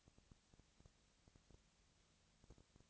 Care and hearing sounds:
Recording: daily activity, microphone in the room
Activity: no activity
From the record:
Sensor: 3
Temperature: 20.4 degrees Celsius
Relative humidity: 34.4%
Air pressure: 997.0 hPa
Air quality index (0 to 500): 205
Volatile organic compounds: 68 ppm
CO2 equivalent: 3503 ppm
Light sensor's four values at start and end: 2/3/2/2 and 2/3/2/2

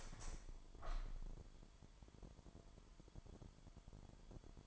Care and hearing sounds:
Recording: daily activity, microphone in the room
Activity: open window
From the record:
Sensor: 5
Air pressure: 998.2 hPa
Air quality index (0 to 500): 93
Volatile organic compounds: 2 ppm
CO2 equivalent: 1058 ppm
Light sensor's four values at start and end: 23/54/22/25 and 23/54/22/25

